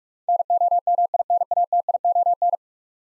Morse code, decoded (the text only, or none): NOMINATION